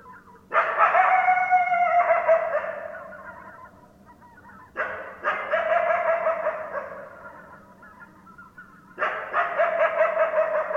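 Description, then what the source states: Coyote bark-howls: three loud, harsh barking calls, each drawn out into a wavering howl, the first two fading, spaced about four seconds apart. Several coyotes, recorded 10 December 2012.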